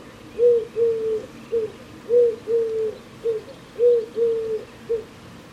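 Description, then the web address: Bird calling in soft, low hoots: a brief note, a longer level note, then a short clipped note, the phrase repeating steadily. "Deverinetal 2025 File origin Bird Only"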